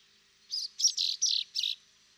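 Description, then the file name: Common chaffinch calls: several short, bright, slightly buzzy high notes in quick succession, with nothing else audible. "Fringilla coelebs"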